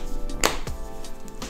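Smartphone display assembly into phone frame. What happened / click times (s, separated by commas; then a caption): The display panel snapped into its frame / 0.5 s. An iPhone 6s display assembly, its top edge slid into the phone frame, is pressed down into place. A sharp, loud click at 0.5 s marks the screen snapping back into the frame and seating, over background music.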